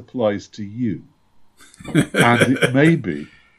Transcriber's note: laughter